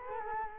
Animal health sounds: mosquito wingbeat signal from an infrared sensor; Culex quinquefasciatus

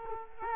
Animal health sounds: mosquito wingbeat signal from an infrared sensor; Culex quinquefasciatus

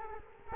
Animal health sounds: mosquito wingbeat signal from an infrared sensor; Culex quinquefasciatus

